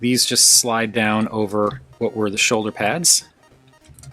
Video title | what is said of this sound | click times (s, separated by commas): This Train is Even More Hype, Actually - Metal Cardbot Blastrain | So that slides down and will click into place. | 4.0 s